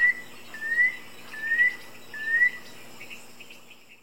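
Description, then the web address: Uniform crake whistling, four short rising notes about every 0.8 seconds, with a faint insect-like background buzz. Recorded in the eastern lowlands of South America. "Natures Songs S America Eastern Lowlands. Uniform Crake"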